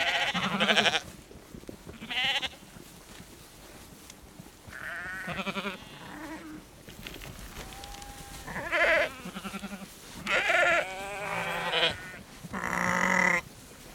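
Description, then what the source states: Sheep bleats from a flock, short harsh calls breaking out every few seconds between quieter stretches of shuffling, walking sounds. A herd of sheep walking close, bleating.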